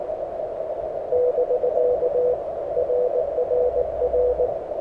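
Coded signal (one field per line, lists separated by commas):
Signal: Morse code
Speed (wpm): 19 wpm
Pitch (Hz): 500 Hz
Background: none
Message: <BK> RRR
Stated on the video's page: Beginner CW SOTA activation on 40 m and 30 m with an HF antenna on the summit, under bad QSB.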